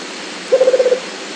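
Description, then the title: Rufous-capped motmot giving a low hooting trill of about seven quick, evenly spaced notes over steady background hiss. "LuckyPassaro Completos2Sama. Rufous-capped Motmot (Baryphthengus ruficapillus)"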